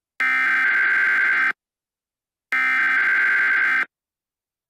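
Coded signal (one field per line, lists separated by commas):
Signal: Emergency Alert System (SAME) tones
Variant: header bursts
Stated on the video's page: Fictional EAS alert about atomic fallout, a made-up scenario rather than a real broadcast.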